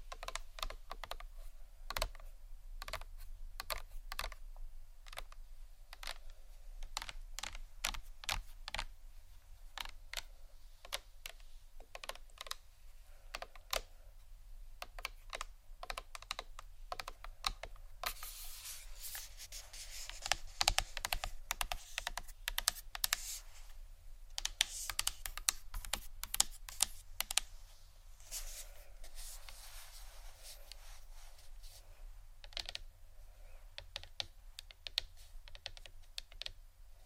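Fingers tap on assorted objects like a book, wood and ceramic, in quick clicky bursts much like typing. Taps come steadily and densely throughout, growing louder and brighter with rapid flurries from about 18 to 28 seconds. A low steady hum runs underneath.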